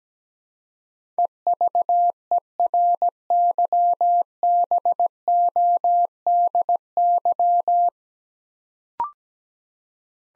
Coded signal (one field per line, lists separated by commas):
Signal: Morse code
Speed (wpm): 17 wpm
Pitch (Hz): 700 Hz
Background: none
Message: EVERYBODY